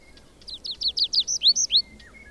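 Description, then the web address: Tree pipit song fragment: a short series of about nine high, sharply slurred chirps, then a faint thin note. "agykontroll Madardalok Cd 2. Erdei pityer"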